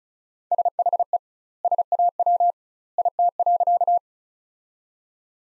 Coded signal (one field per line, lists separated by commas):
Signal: Morse code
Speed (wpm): 36 wpm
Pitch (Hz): 700 Hz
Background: none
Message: SHE SAW IT.